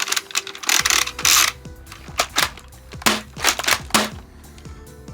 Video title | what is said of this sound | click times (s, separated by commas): DART ZONE MAX STRYKER 2.0: Is the NEXUS PRO X Already Dethroned!? | take our drum pop it right in there | 3.1 s